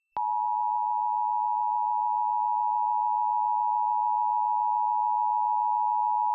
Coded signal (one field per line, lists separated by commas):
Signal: Emergency Alert System (SAME) tones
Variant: 853 and 960 Hz attention tone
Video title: KLVX-TV Flash Flood Warning (EAS #1272) 9/20/23